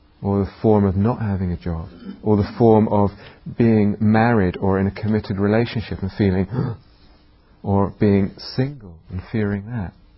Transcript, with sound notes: or the form of not having a job, or the form of being married or in a committed relationship and feeling, [choking sound] or being single and fearing that.